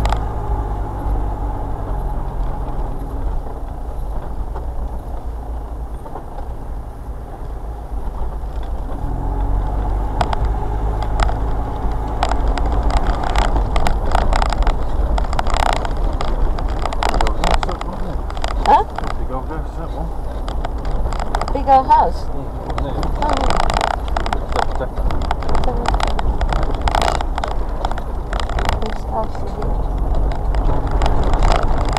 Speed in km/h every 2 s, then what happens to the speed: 15, 15, 10, 11, 16, 21, 24, 24, 23, 21, 19, 21, 23, 24, 21, 18.
0-5 steady at about 15. 5-12 speeds up to 24. 12-32 steady at about 21.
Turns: 24-32.